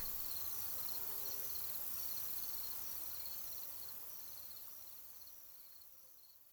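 Rapid cricket chirps repeat about four times a second, growing gradually fainter toward the end, with a faint steady tone underneath.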